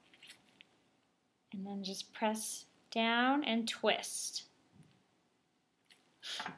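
A plastic ESR reading pipette is pressed down through the pierceable lid of a blood sample tube, with a few faint scrapes before a sharp pop at 0.6 s as it seats. Someone then talks, and a soft tap is heard at 5.9 s before more talking.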